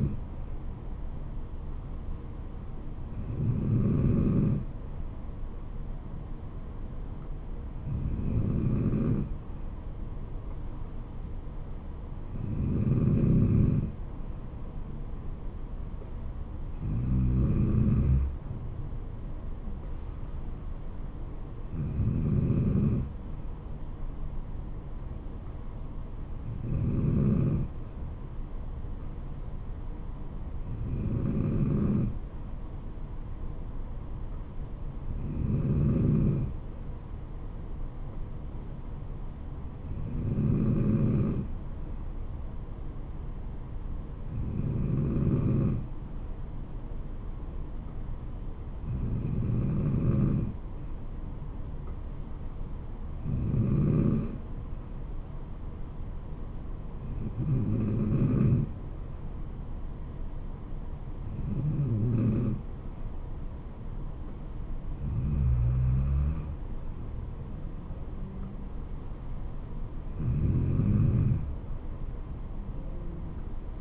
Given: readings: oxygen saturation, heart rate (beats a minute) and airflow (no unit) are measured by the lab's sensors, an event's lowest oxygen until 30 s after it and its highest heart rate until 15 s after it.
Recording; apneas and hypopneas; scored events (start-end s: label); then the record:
breathing in sleep by a smartphone at the bedside; none
11.00-41.00 s: new sleep stage, N3 (deep sleep)
41.00-73.81 s: new sleep stage, N2 (light sleep)
From the record:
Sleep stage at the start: N2 (light sleep); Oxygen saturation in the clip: 93 to 94%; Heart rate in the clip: 66 to 74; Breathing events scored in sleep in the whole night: 426 in 7.4 hours asleep